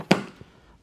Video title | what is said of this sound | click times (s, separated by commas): CSC SYS 50 Quick Start | Slides down, that locks into place, then that locks into place. | 0.1 s